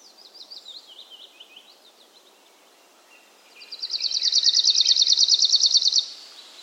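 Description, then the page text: Arctic warbler giving a steady, rapid trill of evenly repeated notes for about two seconds, after fainter descending high notes. Rare bird, often heard singing in impenetrable forest thickets; the song is an even ringing or trilling sound. "Suomen Luonto. Lapinuunilintu helskyttelee pöpelikössä"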